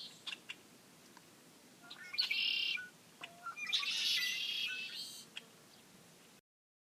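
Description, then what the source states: Red-winged blackbirds calling, with short sharp chip notes and two buzzy, trilling bursts, against quiet background hiss. Many birds calling together.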